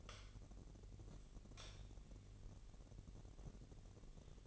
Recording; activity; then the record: daily activity, microphone in the room; light on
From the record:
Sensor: 4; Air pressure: 1012.7 hPa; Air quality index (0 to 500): 247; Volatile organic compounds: 4 ppm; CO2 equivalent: 1684 ppm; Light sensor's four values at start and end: 15/34/14/14 and 17/44/17/19